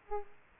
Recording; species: mosquito wingbeat signal from an infrared sensor; Aedes aegypti